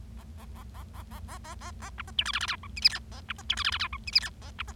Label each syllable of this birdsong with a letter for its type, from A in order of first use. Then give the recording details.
A A A A A A A A A A B C D E F F G H I J K A B C D E F F G H I J K A B C. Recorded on 25 March 2012 at 18:50. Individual gy6or6